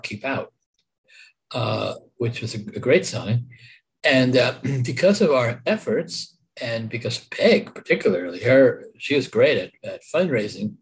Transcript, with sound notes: Keep Out,” which was a great sign. [said sarcastically] And because of our efforts, and because Peg, particularly––she was great at fundraising.